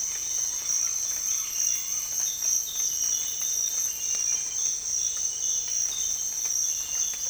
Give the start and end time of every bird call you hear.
0.20s-2.19s: bird call

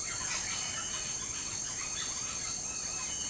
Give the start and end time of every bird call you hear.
0.00s-3.29s: bird call

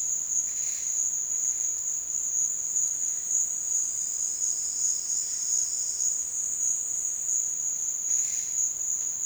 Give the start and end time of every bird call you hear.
8.04s-8.54s: bird call

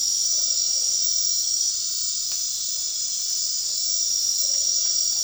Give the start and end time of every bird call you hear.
0.09s-1.45s: bird call
4.33s-5.24s: bird call

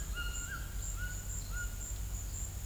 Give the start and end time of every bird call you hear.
0.00s-1.86s: bird call

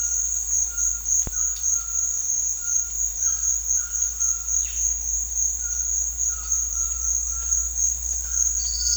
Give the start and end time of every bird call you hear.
4.58s-4.92s: bird call

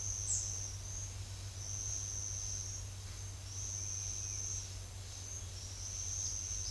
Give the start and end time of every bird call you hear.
0.24s-0.55s: bird call

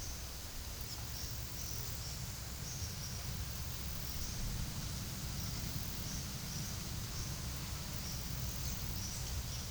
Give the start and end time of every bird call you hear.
0.04s-4.44s: bird call
5.32s-9.68s: bird call

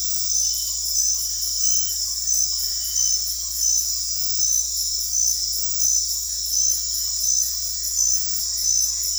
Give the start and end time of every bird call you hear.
0.17s-4.17s: bird call
6.58s-9.04s: bird call

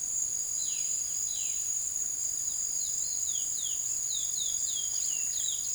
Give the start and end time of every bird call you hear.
0.54s-1.72s: bird call
2.37s-5.75s: bird call

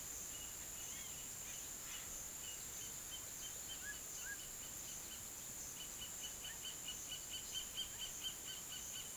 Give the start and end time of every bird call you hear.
2.24s-9.16s: bird call

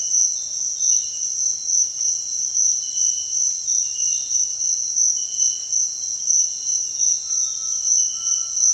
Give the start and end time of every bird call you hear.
7.26s-8.73s: bird call

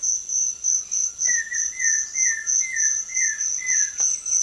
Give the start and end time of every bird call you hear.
1.14s-4.12s: bird call

